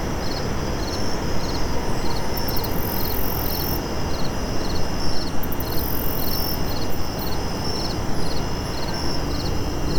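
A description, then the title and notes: A night scene in a city park, with crickets chirping in a fast, regular pulse around a high steady insect drone. A constant low rumble of traffic fills the background, and a brighter insect buzz swells twice, near three and six seconds. Central Park at Night.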